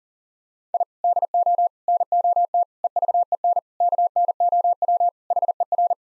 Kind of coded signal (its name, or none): Morse code